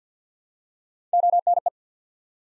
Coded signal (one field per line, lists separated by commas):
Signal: Morse code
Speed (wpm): 50 wpm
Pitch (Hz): 700 Hz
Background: none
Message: ONE